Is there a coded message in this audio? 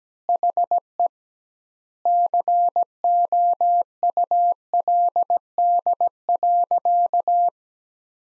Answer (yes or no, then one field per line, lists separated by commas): yes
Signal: Morse code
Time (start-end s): 0.3-7.5 s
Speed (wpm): 17 wpm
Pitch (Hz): 700 Hz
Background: none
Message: HE COULD.